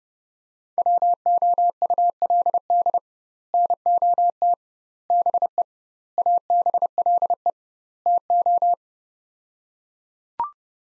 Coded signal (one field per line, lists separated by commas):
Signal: Morse code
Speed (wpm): 30 wpm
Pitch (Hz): 700 Hz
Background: none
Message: WOULD NOT BE ABLE TO